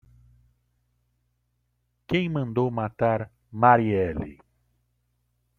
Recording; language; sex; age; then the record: short text; Brazilian Portuguese; male; 50 to 59 years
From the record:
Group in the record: control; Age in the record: 51 years